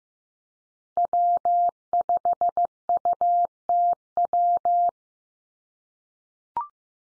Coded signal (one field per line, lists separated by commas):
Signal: Morse code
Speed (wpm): 15 wpm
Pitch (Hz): 700 Hz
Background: none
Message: W5UTW